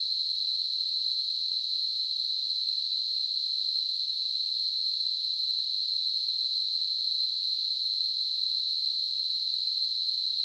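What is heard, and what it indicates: A steady, high-pitched hiss in a narrow band, unchanging in loudness for about ten seconds, with no other sounds. It is simulated tinnitus, imitating the constant hissing or ringing a person with tinnitus hears.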